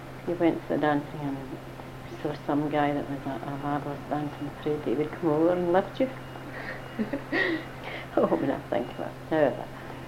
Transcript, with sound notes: you went to the dancing and saw some guy that was a marvellous dancer and prayed that he would come over and lift you. [laughs] Oh, when I think of it. However.